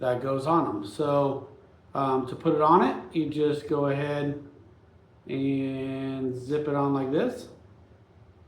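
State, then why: Not seated. Someone talks while a nylon zip tie is being handled for feeding into a double-sided self-locking cable tie buckle. Only the voice is heard, with no clicks or snaps. Nothing has seated or clicked yet.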